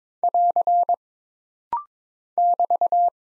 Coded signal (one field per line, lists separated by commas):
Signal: Morse code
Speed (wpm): 22 wpm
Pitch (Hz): 700 Hz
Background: none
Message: <AR> <BT>